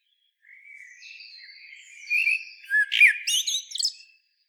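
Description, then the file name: Common blackbird: a soft, drawn-out warble that builds into several loud, varied notes with squeaky high flourishes. "Turdus merula"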